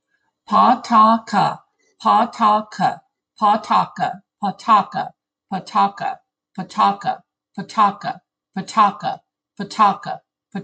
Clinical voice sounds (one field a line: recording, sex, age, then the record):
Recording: repeated syllables /pa ta ka/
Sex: female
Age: 60 to 69 years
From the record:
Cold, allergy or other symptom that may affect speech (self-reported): no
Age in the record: 61 years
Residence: United States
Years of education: 18